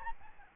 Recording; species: mosquito wingbeat signal from an infrared sensor; Aedes albopictus